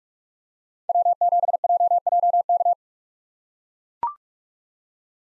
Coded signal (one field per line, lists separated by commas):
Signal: Morse code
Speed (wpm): 43 wpm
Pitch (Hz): 700 Hz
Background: none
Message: W7JJK